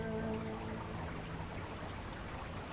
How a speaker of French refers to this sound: Le 1er mai au kibbutz. Pluie de printemps.